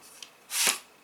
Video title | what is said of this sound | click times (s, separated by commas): Greenote GSC40 3in1 Rechargeable Cordless Stick Vacuum | also there's a button here and if i slide that down you can hear it click if i hold it down | 0.2 s